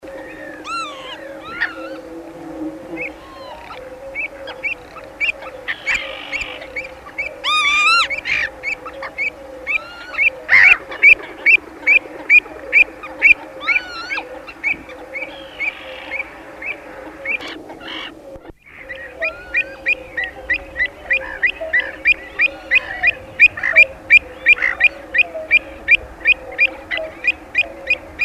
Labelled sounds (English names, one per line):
Pied Avocet call